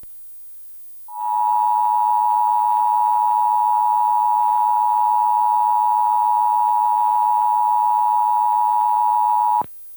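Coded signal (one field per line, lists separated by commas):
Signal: Emergency Alert System (SAME) tones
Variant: 853 and 960 Hz attention tone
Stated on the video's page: National Periodic EAS Test captures.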